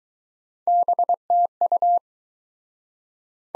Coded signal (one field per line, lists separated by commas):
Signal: Morse code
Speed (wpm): 22 wpm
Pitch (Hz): 700 Hz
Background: none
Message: BTU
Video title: Top 20 QSO Elements - Speed-Racing - 17wpm